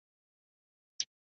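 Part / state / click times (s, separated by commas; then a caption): plastic model kit part into its socket on the model / seated / 1.0 s. A plastic model kit part is pressed into its socket on the model and pops into place with a single sharp, brief click at 1.0 s, surrounded by silence. The part is seated, in place the same as the other one.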